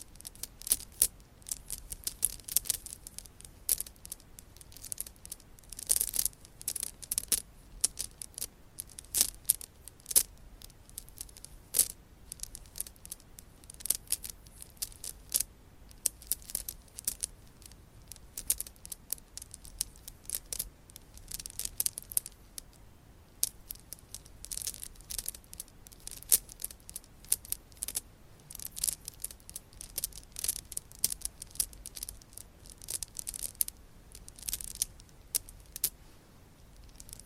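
Scratching and tapping with nails and items, made up of dense, rapid bursts of crisp, bright scraping that run almost without pause for the whole stretch. The strokes come in quick irregular clusters, with a brief lull around 23 seconds, over a faint low rumble.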